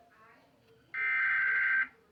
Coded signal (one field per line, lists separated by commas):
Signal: Emergency Alert System (SAME) tones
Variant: header bursts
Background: speech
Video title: EAS #1188|Massachusetts RMT on News 3 Radio